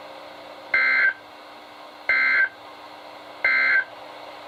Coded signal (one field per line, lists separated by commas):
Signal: Emergency Alert System (SAME) tones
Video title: EAS #1204-1208: Marine Warnings and Tests | KHB36